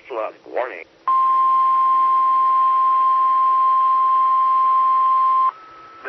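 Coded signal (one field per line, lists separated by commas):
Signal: Emergency Alert System (SAME) tones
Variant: 1050 Hz attention tone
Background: speech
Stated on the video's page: Morse on the SKYWARN repeater system on 147.1200 and 146.8050 MHz.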